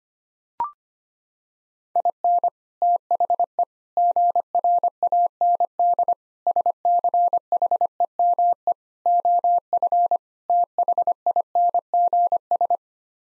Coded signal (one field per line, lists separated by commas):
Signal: Morse code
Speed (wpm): 25 wpm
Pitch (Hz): 700 Hz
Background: none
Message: IN THE GRAND SCHEME OF THINGS